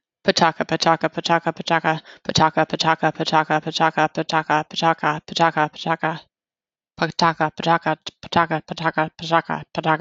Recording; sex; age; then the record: repeated syllables /pa ta ka/; female; 30 to 39 years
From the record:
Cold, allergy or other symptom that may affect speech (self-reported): no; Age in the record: 32 years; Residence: Virginia, United States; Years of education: 16